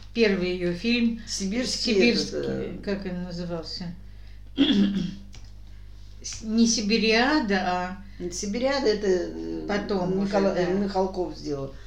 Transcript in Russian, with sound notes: Первый ее фильм
Сибирский
Сибирский… Или как он назывался? [Откашливается] Не "Сибириада", а...
Не, "Сибириада" это, потом уже Михалков сделал.